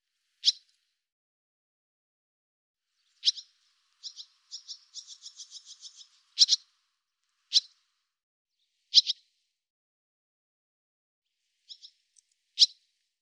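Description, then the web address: Barn swallow with abrupt high chips and double notes, plus one rapid rattling series of quick notes near the middle, otherwise quiet. Cleaned and normalized audio. "cianscape birddata Deverinetal 2025"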